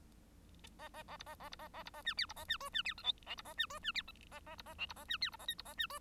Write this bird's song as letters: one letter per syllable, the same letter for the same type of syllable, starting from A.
A A A B A A B A A B A C D B A C E C D F G H B A C E C D F A A B A H B A C D B A I B A C E